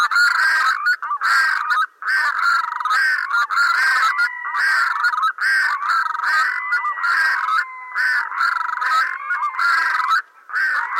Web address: SMAALOM. red throated diver